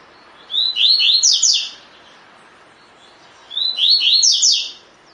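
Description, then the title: Double-collared seedeater singing two quick phrases of rapid, high, slurred notes about three seconds apart, with quiet background hiss. Song style called tui tui; bird described as fibra (spirited). "COLEIRO DE GOLA TUI TUI FIBRA"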